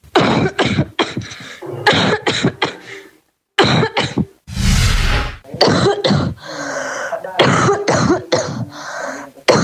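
Two series of short, sharp adult coughs: the first from a healthy person, the second from a person with asymptomatic COVID-19.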